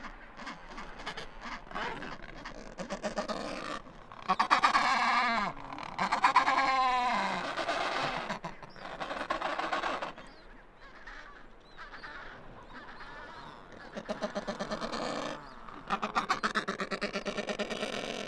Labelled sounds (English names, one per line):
Adelie Penguin call